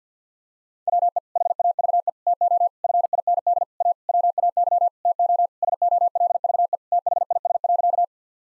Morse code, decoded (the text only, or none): WE HAVE TO FIND A WAY TO SOLVE THIS.